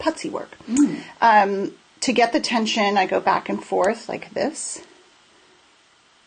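Before soldering, the open ends of a shaped metal ring shank are worked back and forth past each other to build tension so they will spring flush against each other. Someone talks through most of the clip, which then goes quiet. The ends have not snapped together yet, and nothing has seated.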